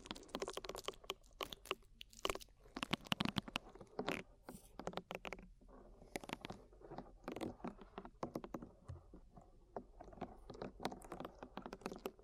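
Ear cleaning sounds made of dense, crackly scratches and rustles that come in quick irregular bursts, crisp and bright. The clicking texture runs almost without pause, easing briefly around the middle before picking up again with sharper snaps.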